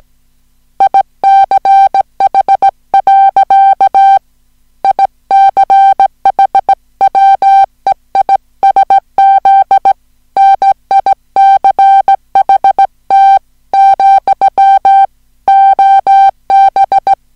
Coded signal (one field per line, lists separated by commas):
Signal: Morse code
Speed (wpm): 17 wpm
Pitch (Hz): 780 Hz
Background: music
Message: ICH. ICH WEISZ NICHT, OB